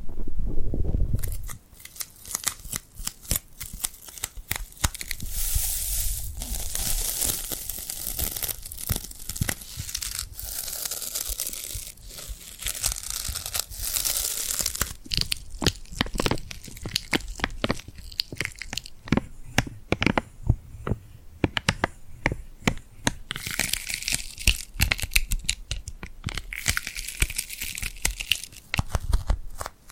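Tingly glued hand sounds: sticky skin peeling apart in quick crackling bursts and sharp ticks. The clicks come thick and irregular throughout, bright and crisp, with a brief low thump at the very start and denser tearing stretches near the middle and end.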